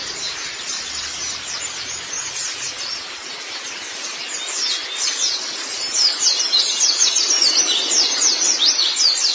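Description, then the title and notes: White-eye song, a rapid, continuous high-pitched twittering of thin chirps and short slurred notes, growing louder and busier in the second half. "Kicauan Burung Pleci Durasi Panjang. Suara kicauan burung pleci"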